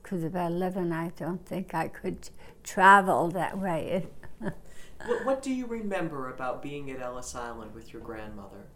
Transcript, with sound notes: because at about eleven I don't think I could travel that way. (she laughs)
What do you remember about being at Ellis Island with your grandmother?